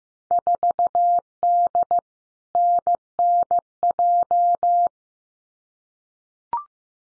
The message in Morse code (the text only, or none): 4D NNJ